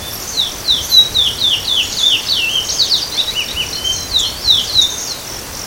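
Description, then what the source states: Chestnut-bellied seed finch delivers a hurried run of bright, descending whistles and twittery notes, barely pausing, while a continuous thin high buzz persists behind it. Itatiaia National Park, Brazil; date given as 9-1-14, recorded around 17 h.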